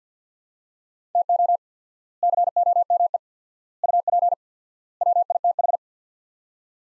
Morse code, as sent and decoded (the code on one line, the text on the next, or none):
- --- / -.-. --- -- . / ..- .--. / .-- .. - ....
TO COME UP WITH